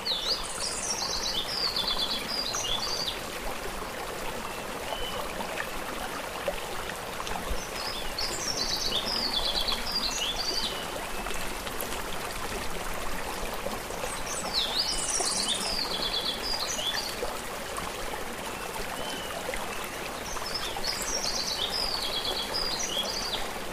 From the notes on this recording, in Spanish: paisajes sonoros grabados en un bosque mesófilo de la Sierra Norte de Oaxaca, en México